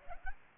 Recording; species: mosquito wingbeat signal from an infrared sensor; Aedes aegypti